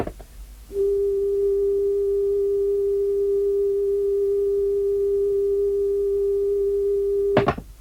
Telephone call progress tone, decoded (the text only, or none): dial tone